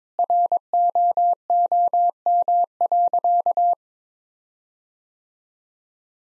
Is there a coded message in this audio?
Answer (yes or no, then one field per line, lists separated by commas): yes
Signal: Morse code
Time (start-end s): 0.2-3.7 s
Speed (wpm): 22 wpm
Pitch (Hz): 700 Hz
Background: none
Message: ROOM.